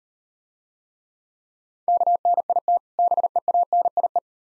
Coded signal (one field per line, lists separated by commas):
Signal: Morse code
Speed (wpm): 39 wpm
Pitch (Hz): 700 Hz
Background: none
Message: KNIT BEANIE